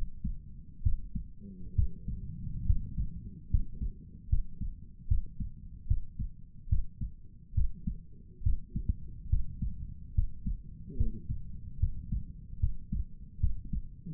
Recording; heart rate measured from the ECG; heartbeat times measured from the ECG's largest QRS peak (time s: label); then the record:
heart sounds by stethoscope; 72 bpm
0.83 s: heartbeat
1.75 s: heartbeat
2.66 s: heartbeat
3.50 s: heartbeat
4.29 s: heartbeat
5.08 s: heartbeat
5.87 s: heartbeat
6.69 s: heartbeat
7.54 s: heartbeat
8.43 s: heartbeat
9.29 s: heartbeat
10.14 s: heartbeat
10.97 s: heartbeat
11.79 s: heartbeat
12.59 s: heartbeat
13.40 s: heartbeat
From the record:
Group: healthy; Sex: male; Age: 35 years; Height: 178 cm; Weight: 64 kg